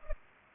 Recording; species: mosquito wingbeat signal from an infrared sensor; Culex pipiens